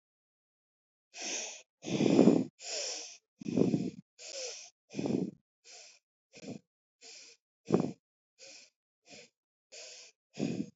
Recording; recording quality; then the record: shallow breathing; excellent, no background noise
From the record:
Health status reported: healthy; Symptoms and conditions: none ticked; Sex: female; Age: 42 years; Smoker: not ticked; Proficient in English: yes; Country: India